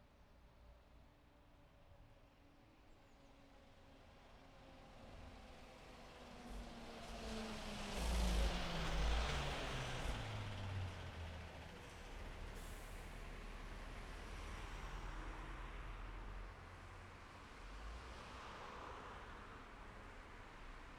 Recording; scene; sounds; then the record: everyday scene through a hearing-aid microphone; in traffic; traffic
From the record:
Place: city secondary road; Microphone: behind the ear, left, rear